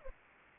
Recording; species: mosquito wingbeat signal from an infrared sensor; Anopheles arabiensis